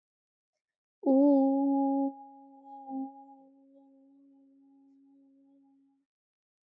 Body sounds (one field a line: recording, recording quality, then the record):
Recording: sustained vowel as in boot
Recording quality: excellent, no background noise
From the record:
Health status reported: COVID-19 positive, mild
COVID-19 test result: positive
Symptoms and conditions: cold, fever, fatigue, muscle pain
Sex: female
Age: 22 years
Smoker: not ticked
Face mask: not worn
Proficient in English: yes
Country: India